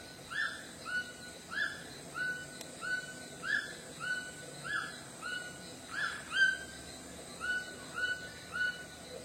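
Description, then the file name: White-throated toucan song: many evenly spaced, short yelping notes over a quiet hissing background. "canto do tucano grande de papo branco"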